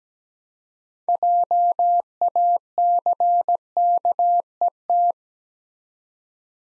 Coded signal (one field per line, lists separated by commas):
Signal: Morse code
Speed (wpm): 17 wpm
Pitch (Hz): 700 Hz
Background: none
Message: JACKET